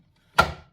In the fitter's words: that. Make sure it clicks into place, and then you're going to add your lid. And